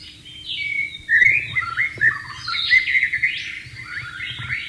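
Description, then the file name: White-rumped shama song of loud, clear whistles and rapid warbling runs, with sudden bright notes and a quiet hum underneath. Heard in the wild. "suara burung murai batu di alam liar"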